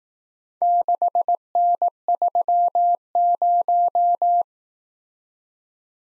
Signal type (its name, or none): Morse code